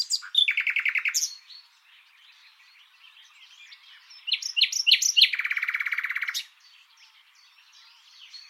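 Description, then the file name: Common nightingale song with two loud, fast rattling trills separated by quieter chirps and scattered notes. "Luscinia megarhynchos"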